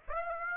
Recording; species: mosquito wingbeat signal from an infrared sensor; Aedes aegypti